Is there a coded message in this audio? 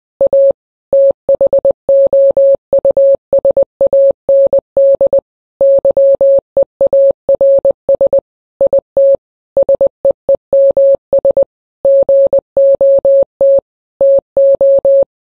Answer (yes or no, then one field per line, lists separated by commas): yes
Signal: Morse code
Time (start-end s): 0.2-15.0 s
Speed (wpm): 20 wpm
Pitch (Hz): 550 Hz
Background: none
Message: A THOUSAND YEARS IT SEEMS GOT TO